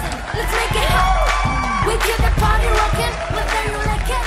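A studio audience breaks into steady applause mixed with cheering and high whoops, a dense, loud wash of clapping that holds for several seconds.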